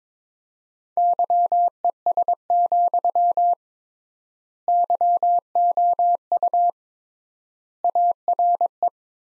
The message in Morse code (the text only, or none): YES, YOU ARE